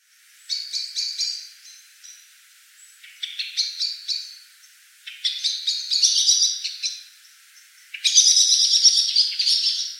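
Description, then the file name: Common blackbird calls: four bursts of high, chattering, twittering notes about two to three seconds apart, the last the loudest, with brief quiet gaps between. "Turdus merula"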